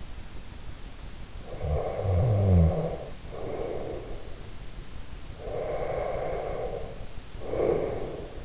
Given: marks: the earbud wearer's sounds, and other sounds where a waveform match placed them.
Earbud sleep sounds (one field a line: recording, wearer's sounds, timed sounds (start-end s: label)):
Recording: sounds in sleep by an in-ear microphone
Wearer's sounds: snoring breath, breath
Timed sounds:
1.34-4.37 s: snoring breath
5.37-8.45 s: breath